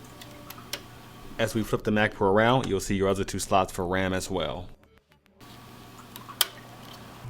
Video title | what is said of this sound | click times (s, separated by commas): 2013 MAC PRO REVIEW + BENCHMARKS | and to put the ram back in simply slide it right in and push the enclosure in the middle and listen for the click | 0.7 s